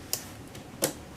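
A memory module is pushed down with some force into a motherboard DIMM slot until it snaps in. Two sharp clicks are heard at 0.1 s and 0.8 s as the retention hooks on each end close by themselves. The module is seated.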